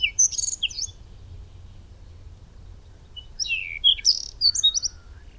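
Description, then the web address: Whinchat singing two short phrases a few seconds apart, each a mix of scratchy rasps and clear high whistles, with quiet between them. "insekten braunkehlchen Stefan Wehr"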